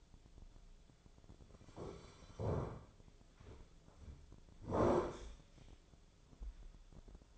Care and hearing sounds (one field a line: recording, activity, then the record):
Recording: daily activity, microphone in the room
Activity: sit down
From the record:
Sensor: 5